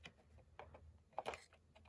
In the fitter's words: push until it clicks and the ram is done